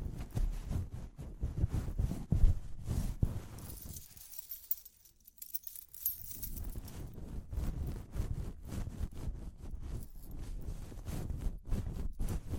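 Tapping and scratching sounds with jingling, like ear cleaning, come in a dense, irregular stream of small clicks and rustles, mostly low and thick. Around four to six seconds the sound drops almost to silence, leaving a faint high hiss, then the busy scratching resumes.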